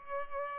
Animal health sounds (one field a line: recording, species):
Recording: mosquito wingbeat signal from an infrared sensor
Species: Culex pipiens